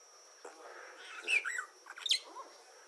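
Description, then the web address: Starling song of brief whistled slurs and falling sweeps, separated by clicks and short gaps. "cantos estornirupel"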